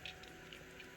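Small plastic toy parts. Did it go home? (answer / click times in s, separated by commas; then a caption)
no / none. The back section of a plastic transforming figure is swung down toward its locked position during a robot-to-truck change, with brief light ticks of handling at about 0.1 s and 0.5 s over a steady background hum. Nothing has seated or clicked into place yet.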